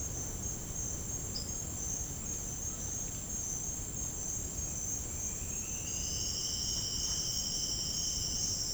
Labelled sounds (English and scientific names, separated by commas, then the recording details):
none
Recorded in dense forest near Puerto Asís, Putumayo, Colombia, on 22 June 2025 at 08:30
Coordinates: 0.481, -76.323
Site G072